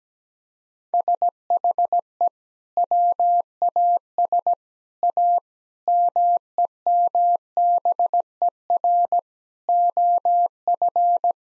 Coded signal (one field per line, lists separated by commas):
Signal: Morse code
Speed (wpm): 17 wpm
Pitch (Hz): 700 Hz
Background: none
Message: SHE WAS A MEMBER OF